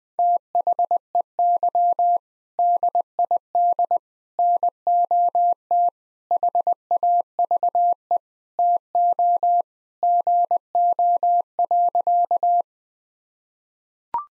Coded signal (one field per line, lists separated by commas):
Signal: Morse code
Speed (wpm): 20 wpm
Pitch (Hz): 700 Hz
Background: none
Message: THEY DID NOT HAVE TO GO.